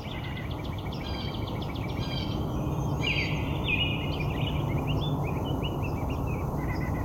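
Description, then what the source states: American robin singing among other birds' chirps, over steady low rumbling noise. Soundscape recording.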